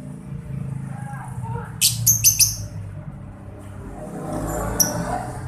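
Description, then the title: Lovebird chirps: a quick run of a few sharp, high chirps, then one more later, over a steady low rumble. Masteran therapy recording meant to make a labet lovebird quickly produce long ngekek (ngekek panjang). "Kicau Lovebird SUPER GILA !!! Terapi Masteran LABET Terbaik Agar Labet Cepet NGEKEK PANJANG"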